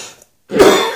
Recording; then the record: coughing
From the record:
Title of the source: Mid-morning Winter Coughing Fit